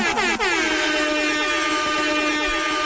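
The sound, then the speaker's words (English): A Jamaican air horn sound effect blares loudly and continuously, opening with quick sweeping blasts before settling into a sustained, buzzy, brassy tone. No one speaks over it. “I love those Jamaican air horns.”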